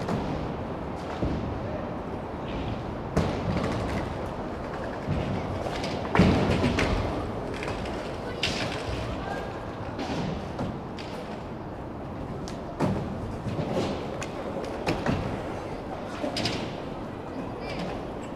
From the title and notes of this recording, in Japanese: スケボーを練習する音。スケボー練習場の様子を録ってみました。